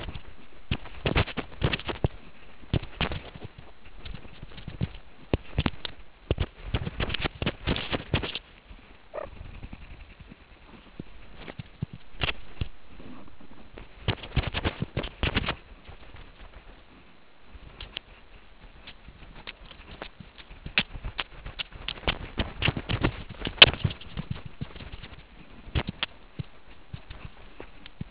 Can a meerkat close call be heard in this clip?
yes